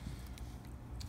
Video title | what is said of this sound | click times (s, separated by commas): MicroHeli mCPX BL2 Tri Blade Build Part 2 | and then we are just going to insert them like this it stops locks into place | 0.4 s, 1.0 s